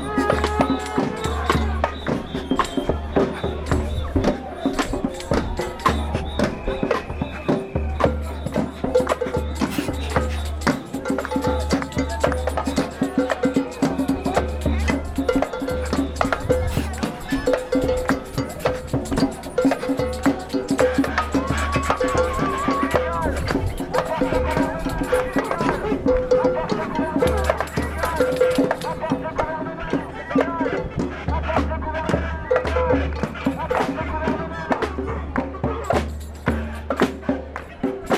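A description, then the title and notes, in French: Ambient sound recorded inside a demonstration: a dense, continuous mix of many voices talking and calling out, with no pauses across the whole stretch. A low, steady rumble runs underneath, and frequent short bright sounds cut through the crowd noise. Voici donc un montage très brouillon d'ambiances sonores prise au sein de la manifestation. À Bordeaux.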